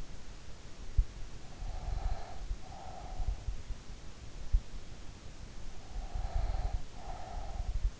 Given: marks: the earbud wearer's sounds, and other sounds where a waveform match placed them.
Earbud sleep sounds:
sounds in sleep by an in-ear microphone; breath
1.26-3.73 s: breath
5.49-8.00 s: breath

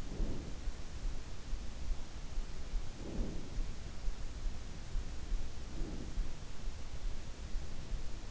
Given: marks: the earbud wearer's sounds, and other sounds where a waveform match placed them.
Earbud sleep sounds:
sounds in sleep by an in-ear microphone; breath
0.00-1.00 s: breath
2.87-3.93 s: breath
5.54-6.59 s: breath

